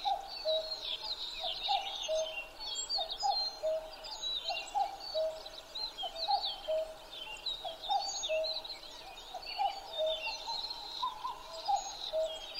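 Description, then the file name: Common cuckoo calling cu-coo again and again, the lower second note clear, over a continuous chorus of small birds. Recorded 12 June 2011 at 03:53. "kakkou-20110612-0353"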